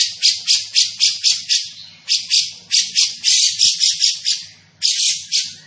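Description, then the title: Grey-cheeked bulbul repeating hoarse, rasping notes in fast runs of about four per second, with brief breaks between the runs. Described as gacor, calling eagerly and often, with a dense, clear voice. "Cucak Jenggot Gacor, Suara Rapat Dan Jernih"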